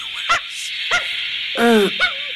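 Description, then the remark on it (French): A dog aboard a lunar rocket barks four times over the radio to a control station on Earth, through a steady hiss of static, short sharp yips with one longer, drawn-out whining bark in the middle, thin and tinny as if transmitted. “Vous avez entendu ? C'est leur chien”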